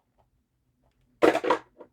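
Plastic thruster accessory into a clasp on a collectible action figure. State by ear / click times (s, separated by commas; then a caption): not seated / none. A small plastic rocket thruster add-on is pushed toward a two-piece clasp on a collectible action figure, giving a burst of broadband plastic knocking from about 1.2 to 1.7 s, with its loudest hit at 1.5 s, a faint tick at 0.2 s and a softer tap near 1.8 s. The loud hit sounds like a knock or slip, and the accessory fails to clip in, so nothing has seated or clicked yet.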